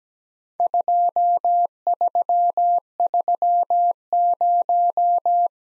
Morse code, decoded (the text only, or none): 2330